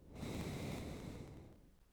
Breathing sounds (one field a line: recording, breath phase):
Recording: one breath near a microphone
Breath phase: exhalation